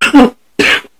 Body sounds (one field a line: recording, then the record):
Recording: coughing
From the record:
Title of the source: 64 coughing, allergies, singing lungs